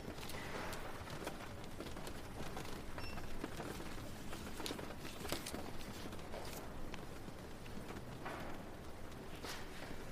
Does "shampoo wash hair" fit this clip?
no